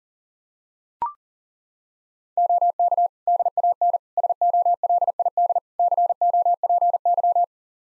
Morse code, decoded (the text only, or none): OK DAN SOLID COPY